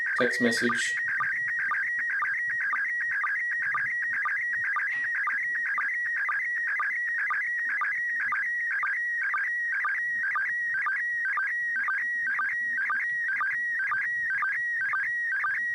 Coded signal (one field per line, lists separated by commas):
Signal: SSTV (slow-scan television)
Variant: PD 120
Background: speech